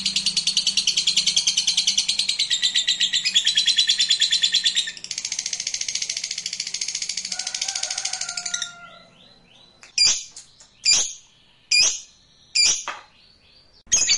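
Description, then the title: Lovebird chattering song for about eight seconds, high and buzzy in quick pulses, then stops; five short sharp squawks follow at roughly one-second intervals. Used to stimulate a lazy, quiet lovebird into singing. "LOVEBIRD Malas Bunyi JADI GREGET SPONTAN Langsung NARIK"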